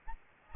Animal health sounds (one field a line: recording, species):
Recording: mosquito wingbeat signal from an infrared sensor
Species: Aedes albopictus